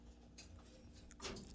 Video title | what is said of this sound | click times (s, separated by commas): How to Hand Paint Drop Ceiling Tiles so it doesn't have brush marks. | you can tell the clip is all the way down by the snap that you hear okay | 1.1 s